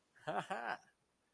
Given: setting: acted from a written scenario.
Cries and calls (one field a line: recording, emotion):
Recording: vocal sound without words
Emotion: pride